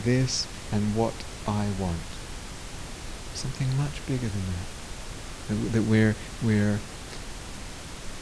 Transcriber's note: none